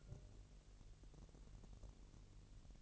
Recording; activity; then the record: daily activity, microphone in the room; take from stove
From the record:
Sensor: 4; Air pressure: 1002.8 hPa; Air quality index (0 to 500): 243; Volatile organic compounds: 11 ppm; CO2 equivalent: 2279 ppm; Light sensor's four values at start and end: 7/17/7/7 and 7/17/6/7